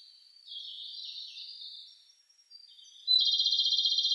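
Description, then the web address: Japanese robin giving a soft warbled high phrase, a brief pause, then a loud rapid rattling trill starting near the end. Recorded 23 July 2006. "2006 060723 komadori"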